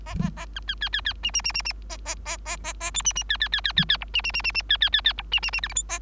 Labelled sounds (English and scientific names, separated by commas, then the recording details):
Bengalese Finch (Lonchura striata domestica) song
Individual Bird3